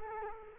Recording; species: mosquito wingbeat signal from an infrared sensor; Culex quinquefasciatus